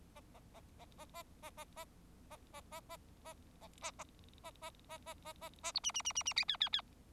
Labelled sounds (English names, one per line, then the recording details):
Bengalese Finch song
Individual Bird4